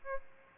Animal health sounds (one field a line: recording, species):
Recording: mosquito wingbeat signal from an infrared sensor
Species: Aedes albopictus